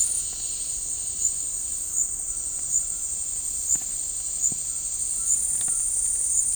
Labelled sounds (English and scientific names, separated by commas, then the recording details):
none
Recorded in dense forest near Puerto Asís, Putumayo, Colombia, on 15 December 2024 at 16:30
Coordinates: 0.499, -76.324
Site G045